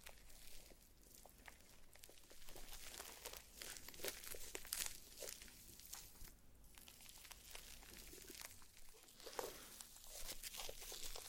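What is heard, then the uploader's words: Slime being squished and played with, a dense run of wet crackles, pops and crinkly squelches that fill the whole 11 seconds with little pause. The sounds are bright and crisp, with brief sharper snaps around four to five seconds. ASMR SLIME SATISFYING - NO TALKING.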